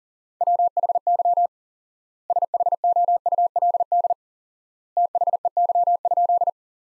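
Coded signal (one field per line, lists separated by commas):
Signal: Morse code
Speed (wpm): 40 wpm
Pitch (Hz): 700 Hz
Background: none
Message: WHY SHOULD THEY?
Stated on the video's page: Morse practice sentences from the top 300 words at 40 wpm with 4x word spacing, a Farnsworth-like method.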